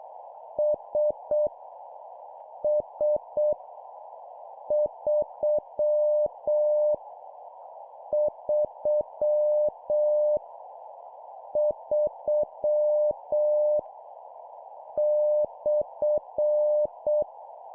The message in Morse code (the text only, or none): S S 3 3 3 /